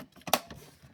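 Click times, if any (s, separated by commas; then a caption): 0.3 s. The opened plastic hood of a HasLab Ghostbusters Plasma Series Ecto-1 Ectomobile toy car (Anniversary Edition) is pushed back down onto the car body. A softer contact at 0.3 s comes just before a sharp plastic snap at 0.3 s, as the hood snaps into place and seats shut.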